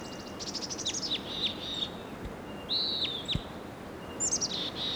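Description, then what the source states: Crossbill calls: sharp, high chipping notes in quick runs, with gaps between bursts. Wild crossbill perched on top of a tall tree.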